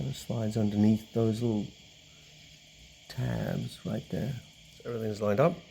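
A fuel filler cup on a 2016 Porsche Panamera is being replaced: the cup's retaining tab is slid under the small tabs at the slots of the car body opening and lined up. Someone talks over a faint, steady high-pitched background hum. The cup has not yet been pushed in, and nothing has seated or clicked yet.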